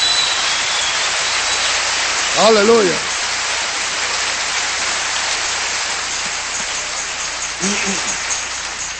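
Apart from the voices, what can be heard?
loud applause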